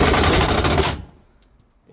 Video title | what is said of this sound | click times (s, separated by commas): 2016 Ford Ranger Pick Up truck Walk Around Video | it does lock into place | 1.4 s, 1.6 s